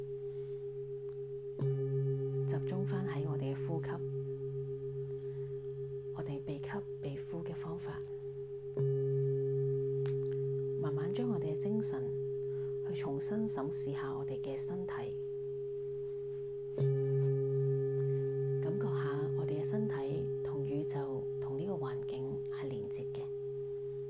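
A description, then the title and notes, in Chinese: A singing bowl hums with a steady, pure ringing tone that runs through the whole clip, swelling when it is struck again around 2, 9 and 17 seconds. Over it, a voice speaks in short bursts with pauses between phrases. 頂輪頌缽冥想療癒。頌缽的聲音。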